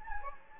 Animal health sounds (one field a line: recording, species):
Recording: mosquito wingbeat signal from an infrared sensor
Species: Anopheles gambiae